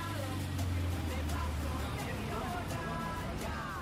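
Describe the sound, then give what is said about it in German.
Steady traffic noise on Gascón street, a busy narrow through street in Argentina, five minutes from the IMPA factory: a continuous low engine rumble with vehicles droning and swishing past, and no pauses in the flow. “Besuch bei Diana zu Hause, 5 Minuten von der IMPA entfernt in Gascon 123, einer schmalen, verkehrsreichen Durchgangsstraße.”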